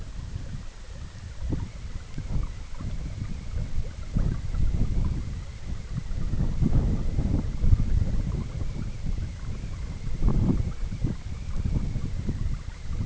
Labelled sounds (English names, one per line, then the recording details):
none
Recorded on Arctic tundra, site EABA-MC, on 20 June 2019
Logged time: 14:00